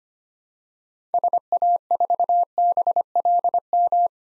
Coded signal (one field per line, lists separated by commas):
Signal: Morse code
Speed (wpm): 25 wpm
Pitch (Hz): 700 Hz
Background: none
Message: SA4BLM